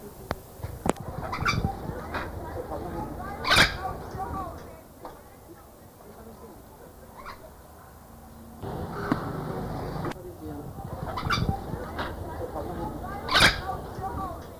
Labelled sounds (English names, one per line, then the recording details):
Tucuman Amazon call
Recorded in captivity
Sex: group
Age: adult
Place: Zoo Karlsruhe, Baden-Württemberg, DE
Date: 2000-09-26 15:07
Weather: heiter, 16 - 17°C
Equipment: Nagra SN, Kopie Uher 4000 Report Monitor
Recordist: Tembrock, Günter
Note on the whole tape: Gruppe (Rote Liste!): diverse Lautformen